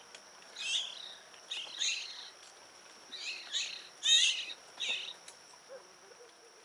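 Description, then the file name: Eurasian magpie chatter: a series of harsh, grating chack notes, the loudest a little past the middle. "Pica pica"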